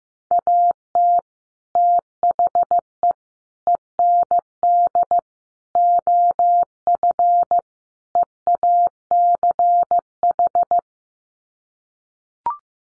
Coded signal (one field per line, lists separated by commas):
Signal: Morse code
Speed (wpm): 15 wpm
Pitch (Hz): 700 Hz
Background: none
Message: AT THE END OF EACH